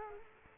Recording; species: mosquito wingbeat signal from an infrared sensor; Culex quinquefasciatus